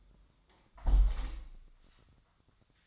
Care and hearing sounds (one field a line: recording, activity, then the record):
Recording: daily activity, microphone in the room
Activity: close window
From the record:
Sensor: 3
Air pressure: 1004.5 hPa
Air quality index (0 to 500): 88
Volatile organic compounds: 3 ppm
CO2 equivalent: 1342 ppm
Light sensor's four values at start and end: 7/16/6/6 and 7/16/6/6